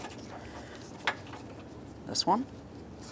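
A plastic push tab is handled at its hole in a wiring mount while replacing a headlight on a 2000-2005 Buick LeSabre. Someone talks briefly, with a short handling tick near 1.1 s and rustling around 2.1–2.4 s. Nothing has seated or clicked into place yet.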